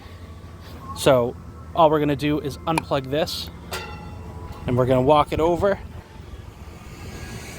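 Someone talks while unplugging a dealership charging station's EV charging connector and carrying it toward the charge port of a 2023 Nissan Leaf SV Plus, over a steady low background hum. Nothing has seated or clicked into the charge port yet.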